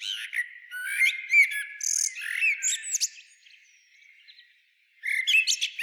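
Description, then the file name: Common blackbird singing a busy run of warbled notes and high chirps, falling quiet briefly before another phrase starts. "Turdus merula"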